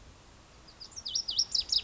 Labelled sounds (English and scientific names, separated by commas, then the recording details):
Lazuli Bunting (Passerina amoena)
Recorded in Sonoma County, California